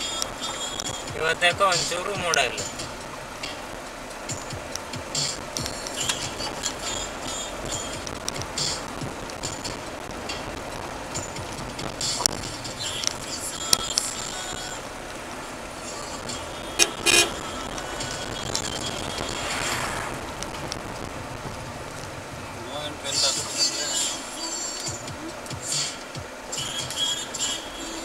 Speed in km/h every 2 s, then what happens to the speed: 22, 22, 26, 30, 30, 26, 18, 23, 27, 31, 20, 4, 5, 10.
0-9 speeds up to 30. 9-11 brakes to 18. 12-18 speeds up to 31. 18-22 brakes to 4.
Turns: none.